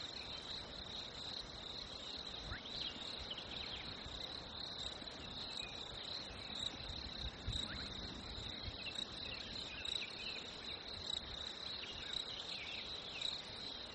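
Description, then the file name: Crickets keep up a continuous high trill across the whole stretch. Nature ambience of crickets, labelled fresh winter. "ATMO NATURE Fresh Winter Crickets Birds"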